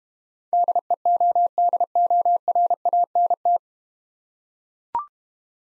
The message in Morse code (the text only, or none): DEODORANT